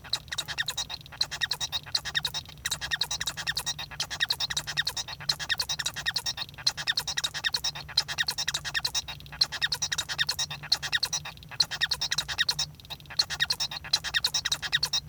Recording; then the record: song of a male Bengalese finch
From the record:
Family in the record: son of father 1